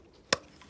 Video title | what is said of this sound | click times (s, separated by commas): Saab 9-3 2006 sooty spark plugs intermittent engine light on dash fix | grated piece like that and you'll hear it pop and then basically | 0.3 s